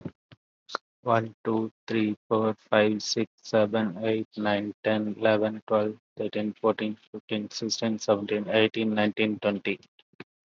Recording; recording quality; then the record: counting at a normal pace; excellent, no background noise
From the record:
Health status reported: COVID-19 positive, mild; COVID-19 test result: positive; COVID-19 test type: RT-PCR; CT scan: taken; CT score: 5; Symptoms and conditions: cough, hypertension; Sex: male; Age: 38 years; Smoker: no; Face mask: not worn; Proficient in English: yes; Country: India